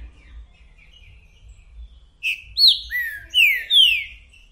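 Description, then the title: Green-winged saltator song: faint whistles, then several loud, clear descending whistles in quick succession near the end. Calling, singing and acting male ('macheando') in a territorial dispute; a repeater giving one song after another; 'mercenário' song type; meant to warm up the listener's own trinca-ferro. "Esse É PERFEITO Para ESQUENTAR Seu TRINCA Piando, Cantando E Macheando Na DISPUTA. 🔥TRINCA FERRO REPETIDOR !! UM CANTO ATRÁS DO OUTRO!!! TRINCA FERRO MERCENARIO!"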